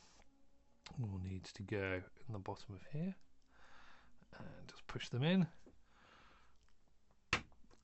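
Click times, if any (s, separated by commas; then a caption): 7.3 s. Someone talks while small plastic parts of a buildable action figure are pushed into a socket in the bottom of the figure's body. The parts snap home with a single sharp click at 7.3 seconds, and the part is seated.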